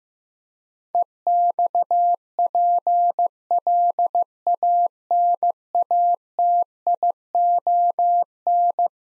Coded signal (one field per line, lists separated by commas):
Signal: Morse code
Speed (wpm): 15 wpm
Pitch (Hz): 700 Hz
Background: none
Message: EXPLANATION